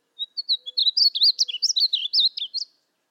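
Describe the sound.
Painted bunting song: a quick, high, warbling jumble of slurred notes lasting about two and a half seconds.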